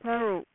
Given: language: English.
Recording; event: throat vibration sensor signal played as sound; speech